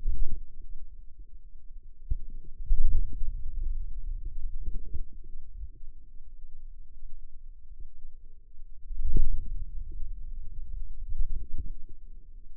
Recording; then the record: forearm muscle sounds (acoustic myography)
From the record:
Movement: wrist extension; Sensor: system 2, bracelet of six BSWA MPA416 microphones around the upper forearm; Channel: 5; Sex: female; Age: 23 years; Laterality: right